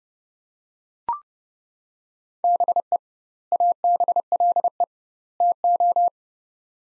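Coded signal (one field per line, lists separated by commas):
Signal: Morse code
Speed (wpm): 30 wpm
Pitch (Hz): 700 Hz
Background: none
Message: BE ABLE TO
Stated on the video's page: Morse practice of three-word sets at 30 wpm with 2x word spacing, a Farnsworth-like approach for words.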